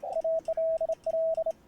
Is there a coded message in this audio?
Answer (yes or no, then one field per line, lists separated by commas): yes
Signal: Morse code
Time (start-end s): 0.2-1.5 s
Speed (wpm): 28 wpm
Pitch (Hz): 650 Hz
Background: radio noise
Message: ALL